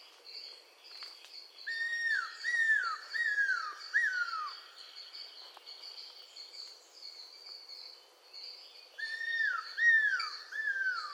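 Cuckoo-roller giving two bursts of loud whistles, four notes then three, each note dropping in pitch, with a constant high buzzing insect chorus behind.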